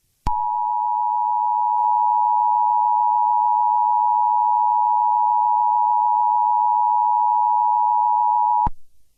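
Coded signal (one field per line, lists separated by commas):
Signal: Emergency Alert System (SAME) tones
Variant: 853 and 960 Hz attention tone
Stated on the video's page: Fictional EAS scenario with a NOAA weather radio station knocked out by a tornado.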